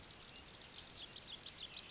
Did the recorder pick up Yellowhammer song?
no